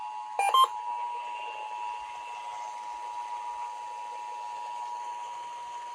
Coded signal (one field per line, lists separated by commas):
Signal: Emergency Alert System (SAME) tones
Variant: 853 and 960 Hz attention tone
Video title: NEW YEAR, NEW TESTS, NEW FORMAT! EAS Tests from January 2023